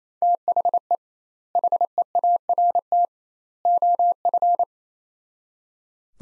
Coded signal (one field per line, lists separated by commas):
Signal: Morse code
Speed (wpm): 28 wpm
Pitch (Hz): 700 Hz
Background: none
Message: THE HEART OF